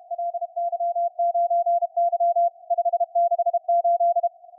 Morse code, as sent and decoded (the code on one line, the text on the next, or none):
.-.. -.-- ----. -.-- / ..... -.... ---..
LY9Y 568